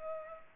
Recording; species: mosquito wingbeat signal from an infrared sensor; Culex pipiens